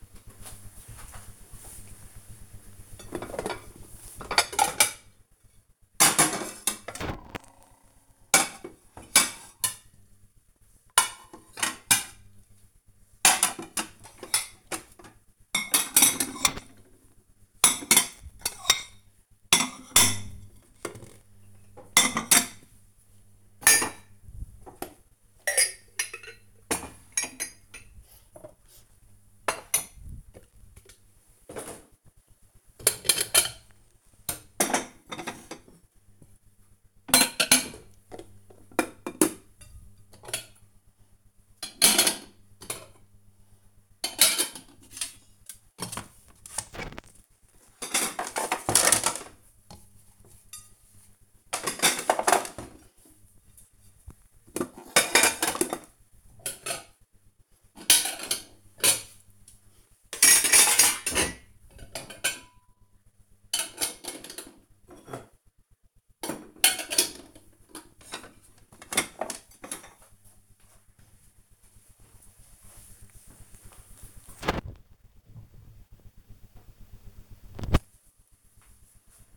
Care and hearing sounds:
household activities, microphone on the right wrist
0.00-74.41 s: putting away the dishes

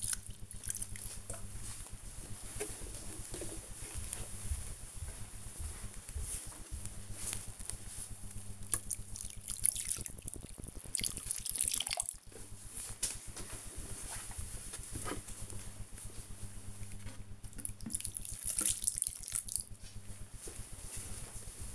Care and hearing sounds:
household activities, microphone on the right wrist
0.00-21.75 s: watering plant

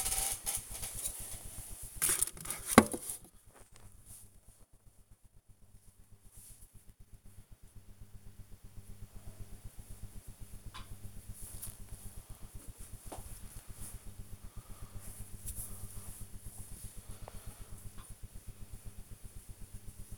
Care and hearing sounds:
household activities, microphone on the right wrist
0.00-20.18 s: tidy up the cupboard

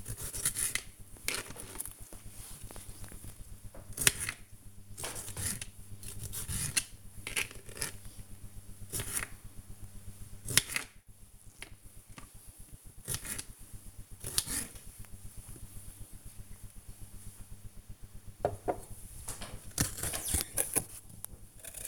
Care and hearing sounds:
household activities, microphone on the right wrist
0.00-21.88 s: cutting vegetables

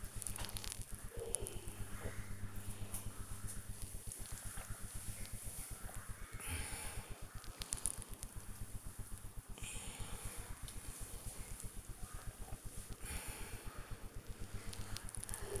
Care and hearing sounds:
household activities, microphone on the right wrist
0.00-15.60 s: drinking

